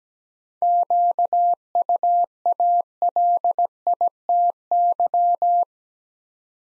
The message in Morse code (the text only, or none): QUALITY